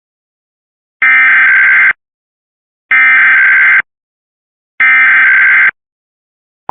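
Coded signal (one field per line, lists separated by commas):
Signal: Emergency Alert System (SAME) tones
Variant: header bursts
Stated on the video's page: Required monthly EAS test on a Philadelphia TV station.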